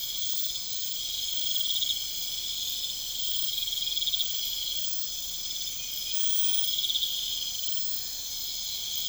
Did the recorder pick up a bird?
no